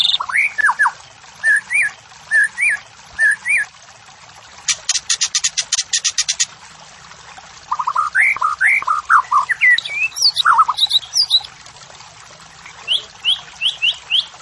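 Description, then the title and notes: White-rumped shama song: short rising whistled phrases, a burst of rapid high clicking notes, then fast tumbling whistles that climb higher, with brief pauses between phrases. White-rumped shama morning song used as training and lure audio for captive songbirds, birds singing actively. "Pancingan Murai Batu Pagi Hari. Murai Batu Gacor"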